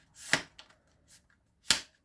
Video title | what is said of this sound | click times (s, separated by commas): I live here in Lewiston Maine, mass shooting update opinions and discussions with regard to firearms | I like to go about two clicks in because then I can put it in tight | 0.3 s, 1.7 s